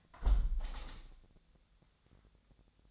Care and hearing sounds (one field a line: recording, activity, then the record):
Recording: daily activity, microphone in the room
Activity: close window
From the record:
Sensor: 3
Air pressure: 1014.9 hPa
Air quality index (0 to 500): 72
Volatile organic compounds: 1 ppm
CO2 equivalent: 975 ppm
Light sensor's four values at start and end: 9/21/9/9 and 9/22/9/9